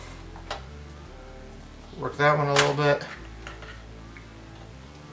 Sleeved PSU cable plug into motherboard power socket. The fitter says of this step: and satisfy click